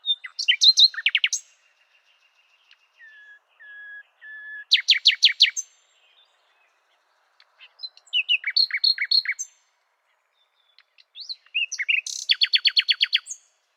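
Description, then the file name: Common nightingale singing: a burst of rapid, sharply repeated notes, then low soft whistled notes, then more bursts of rapid repeated notes, in several phrases with pauses. "Luscinia megarhynchos"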